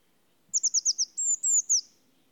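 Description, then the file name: Eurasian blue tit giving a rapid run of five high, descending notes followed by two long thin whistles and a final sharp note, on a quiet background. "Cyanistes caeruleus"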